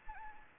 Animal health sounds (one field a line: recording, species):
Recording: mosquito wingbeat signal from an infrared sensor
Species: Anopheles gambiae